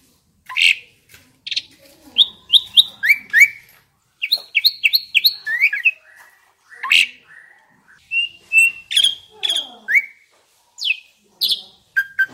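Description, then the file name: Asian pied starling song of clear whistled notes, some repeated in quick runs of three or four, mixed with sharp clicks and short squeaks. Indonesian name jalak suren; the singing is described as gacor. "suara burung jalak suren gacor"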